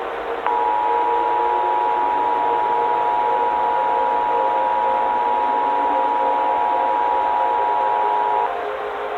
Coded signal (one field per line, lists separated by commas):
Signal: Emergency Alert System (SAME) tones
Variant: 853 and 960 Hz attention tone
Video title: EAS Scenario (ANALOG HORROR) - The Wrath Of Black Doom (4:3 Edition)